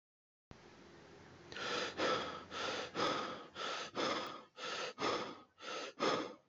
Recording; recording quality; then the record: shallow breathing; excellent, no background noise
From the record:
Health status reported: healthy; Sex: male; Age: 37 years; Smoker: no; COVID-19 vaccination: both doses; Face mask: not worn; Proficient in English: yes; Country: India